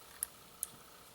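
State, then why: Seated. A memory card is pushed back into the card slot of a single-board computer. Two short, sharp clicks sound at 0.2 s and 0.6 s over a quiet background, and the slot holds the card, fully seated.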